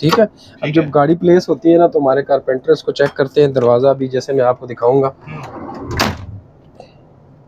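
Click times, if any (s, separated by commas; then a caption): 6.8 s. Someone talks, then a railway coach's sliding door, which carpenters check before departure, is slid closed with a rumbling slide. Its lock engages with a single sharp click at 6.8 s, and the door is locked.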